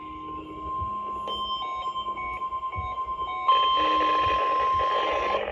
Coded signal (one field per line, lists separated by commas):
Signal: Emergency Alert System (SAME) tones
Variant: 1050 Hz attention tone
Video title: Emergency Alert System Compilation severe weather outbreak, KINDA eas#206